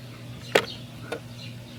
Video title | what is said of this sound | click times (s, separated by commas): How Good is The Aiper Irrisense 2? Plus Installation Tips! | This piece right here just pops out. | 0.6 s